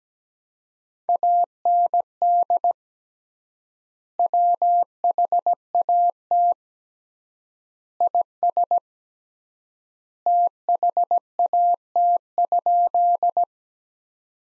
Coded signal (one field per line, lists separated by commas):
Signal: Morse code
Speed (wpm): 17 wpm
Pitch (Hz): 700 Hz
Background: none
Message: AND WHAT IS THAT?